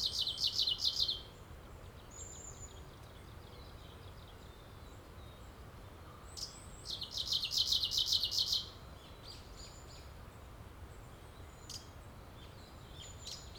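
Bird song in two bursts of rapid high chirping trills, one at the start and one later, with faint scattered notes between and after.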